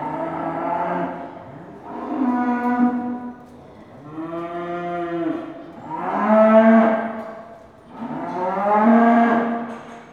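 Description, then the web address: Cattle lowing repeatedly: five drawn-out, harmonic moos follow one another about every two seconds. Cattle held in pens at a market. "BBC Sound Effects Library BBC 35-Livestock. Cattle In Pens At Market"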